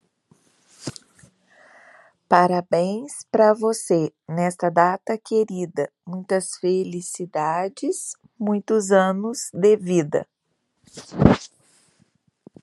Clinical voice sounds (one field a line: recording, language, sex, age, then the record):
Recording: short text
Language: Brazilian Portuguese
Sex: male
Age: 50 to 59 years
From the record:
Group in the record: control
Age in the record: 50 years